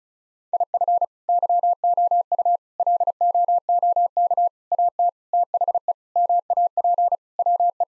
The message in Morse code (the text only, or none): IF YOU LOOK AT THE MAP WE